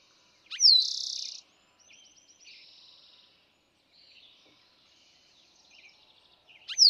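Eastern towhee gives a clear two-note opening and quick trill, then faint chirps and twitters fill the pause before another song begins at the end.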